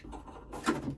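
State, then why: Not seated. A drawer in a motorhome cabinet is pushed back onto its runners while a finger is held behind the runner catches, producing soft sliding and handling noise with a louder scrape around 0.7 s. Nothing has seated or clicked onto the runner catches yet.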